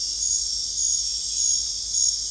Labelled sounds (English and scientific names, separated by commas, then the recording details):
none
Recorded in secondary vegetation near Puerto Asís, Putumayo, Colombia, on 20 December 2024 at 21:00
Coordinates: 0.484, -76.319
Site GP06